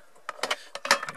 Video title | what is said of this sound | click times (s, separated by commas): Comment démonter les porte-gobelets sur BMW E90 | coup qui se clipse comme ça | 0.3 s, 0.8 s